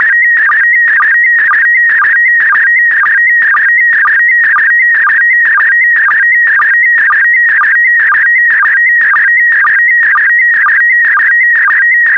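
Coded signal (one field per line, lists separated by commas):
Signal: SSTV (slow-scan television)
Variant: PD120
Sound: warbling, buzzy tone with a rhythmic chirp about twice a second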